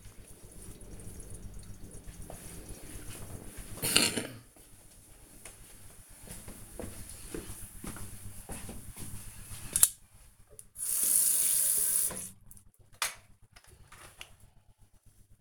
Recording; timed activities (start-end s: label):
household activities, microphone on the right wrist
9.99-15.41 s: brushing teeth